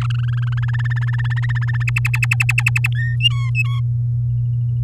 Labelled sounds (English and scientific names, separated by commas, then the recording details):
Domestic Canary (Serinus canaria) song
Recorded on 10 May 2018 at 15:31
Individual llb16